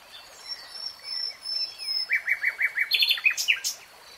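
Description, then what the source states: Nightingale song with soft whistles building into a run of repeated chirped notes, ending in louder, sharper clipped phrases. Singing in real time.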